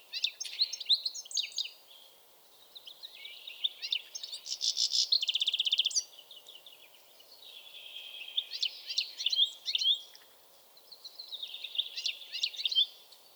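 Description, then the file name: European goldfinch song: a near-continuous jumble of tinkling twitters, buzzy trills and drawn-out wheezy notes, rising and falling in loudness. "Carduelis carduelis"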